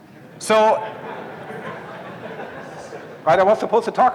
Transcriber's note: laughter